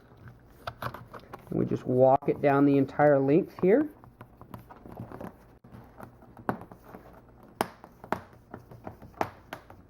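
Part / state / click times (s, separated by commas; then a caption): acrylic cover onto plastic LED strip holder channel / seated / 6.5 s, 7.6 s, 8.1 s, 9.2 s. A milky white acrylic diffuser cover is pressed along the length of a plastic holder channel for 12mm pixel strips, while someone talks early in the clip. Its edge pops and latches onto the sides with sharp clicks at 6.5, 7.6, 8.1 and 9.2 seconds, and the cover is seated on the strip holder.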